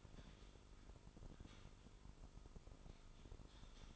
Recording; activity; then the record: daily activity, microphone in the room; typing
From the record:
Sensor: 5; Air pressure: 988.8 hPa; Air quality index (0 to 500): 235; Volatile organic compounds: 193 ppm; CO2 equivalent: 4189 ppm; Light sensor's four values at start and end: 39/124/48/51 and 39/124/48/51